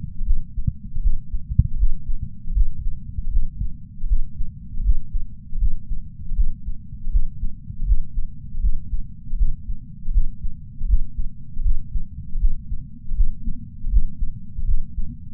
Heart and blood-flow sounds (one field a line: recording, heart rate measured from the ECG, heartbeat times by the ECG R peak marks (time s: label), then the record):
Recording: heart sounds by patch sensor on the chest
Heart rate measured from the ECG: 79 bpm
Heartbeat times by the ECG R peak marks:
0.23 s: heartbeat
1.00 s: heartbeat
1.76 s: heartbeat
2.53 s: heartbeat
3.30 s: heartbeat
4.06 s: heartbeat
4.82 s: heartbeat
5.58 s: heartbeat
6.34 s: heartbeat
7.09 s: heartbeat
7.84 s: heartbeat
8.60 s: heartbeat
9.35 s: heartbeat
10.11 s: heartbeat
10.86 s: heartbeat
11.62 s: heartbeat
12.38 s: heartbeat
13.14 s: heartbeat
13.89 s: heartbeat
14.65 s: heartbeat
From the record:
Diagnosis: coronary artery disease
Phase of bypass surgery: postoperative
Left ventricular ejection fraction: 50.8%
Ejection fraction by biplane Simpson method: 51.6%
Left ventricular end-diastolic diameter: 50 mm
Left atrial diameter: 30 mm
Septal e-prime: 7.4 cm/s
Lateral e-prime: 7.6 cm/s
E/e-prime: 9.9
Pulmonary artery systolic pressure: 27 mmHg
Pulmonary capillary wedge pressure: 7 mmHg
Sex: male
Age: 66 years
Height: 176 cm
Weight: 74.5 kg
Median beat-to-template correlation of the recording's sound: 0.90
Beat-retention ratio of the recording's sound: 0.99